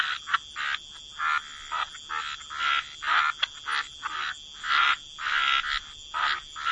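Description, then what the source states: Frogs croaking in a series of short raspy bursts separated by brief gaps, over a steady background hiss. Frog chorus.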